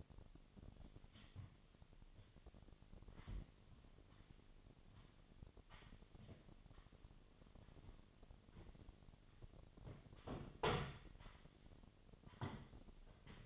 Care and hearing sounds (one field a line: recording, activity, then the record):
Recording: daily activity, microphone in the room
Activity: sweep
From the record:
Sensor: 4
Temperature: 28.5 degrees Celsius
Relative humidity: 34.1%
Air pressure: 1007.8 hPa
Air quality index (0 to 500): 192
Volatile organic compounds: 6 ppm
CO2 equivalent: 1922 ppm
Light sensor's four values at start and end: 23/73/28/27 and 23/73/28/27